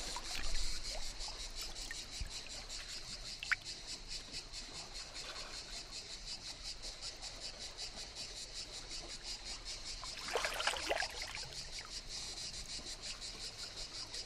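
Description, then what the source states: Cicadas in a steady pulsing buzzy chorus, about three pulses a second, with soft water sounds and a brief splash in the later part. Cicadas in the morning at a Mediterranean calanque gravel beach, at high tide.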